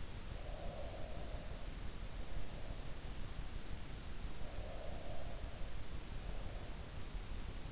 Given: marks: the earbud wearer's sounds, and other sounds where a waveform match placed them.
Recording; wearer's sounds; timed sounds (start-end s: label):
sounds in sleep by an in-ear microphone; breath
0.00-1.65 s: breath
4.22-5.71 s: breath